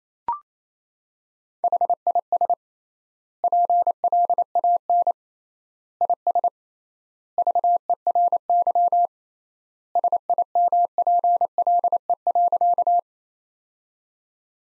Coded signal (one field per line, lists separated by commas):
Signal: Morse code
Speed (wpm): 28 wpm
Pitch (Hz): 700 Hz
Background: none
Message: HIS PLAN IS VERY SIMPLE.